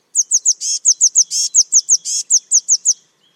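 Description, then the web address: Eurasian blue tit giving a rapid, steady string of thin, very high notes, with a harsh buzzy rattle slipped in after every few notes. "Deverinetal 2025 File origin Bird Only Cy Ca"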